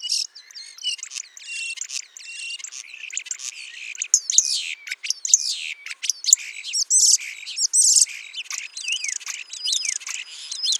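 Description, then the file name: Common starling song, a dense, continuous medley of high chattering, clicking and squeaky whistled notes without pause. "Spreeuw"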